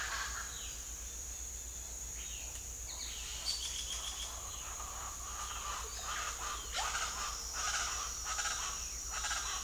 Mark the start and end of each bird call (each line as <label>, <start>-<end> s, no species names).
bird call, 0.00-0.56 s
bird call, 2.84-4.32 s
bird call, 5.46-9.50 s